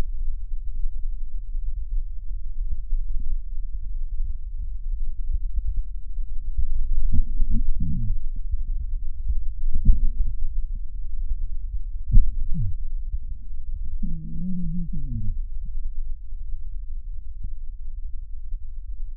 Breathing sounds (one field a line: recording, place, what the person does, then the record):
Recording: lung sounds by stethoscope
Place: right posterior basal chest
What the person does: quiet breathing, then cough and speech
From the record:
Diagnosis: COPD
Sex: male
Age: 77 years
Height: 172 cm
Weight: 85.2 kg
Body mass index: 28.8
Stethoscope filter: bell mode